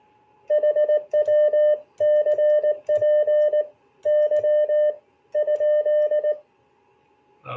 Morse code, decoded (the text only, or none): HW CPY ?